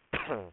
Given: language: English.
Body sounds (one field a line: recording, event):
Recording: throat vibration sensor signal played as sound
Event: cough